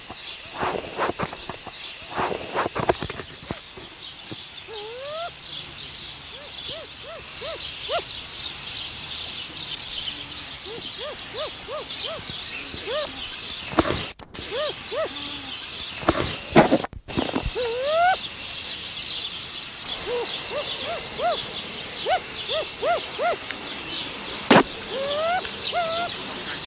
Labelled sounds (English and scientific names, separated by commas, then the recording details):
Black Curassow (Crax alector) call
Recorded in captivity
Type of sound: call
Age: adult
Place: Zoo Berlin, Berlin, DE
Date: 1987-07-02 11:30
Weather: sunny, 20°C
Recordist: Tembrock, Günter
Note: Lautfolge am Gitter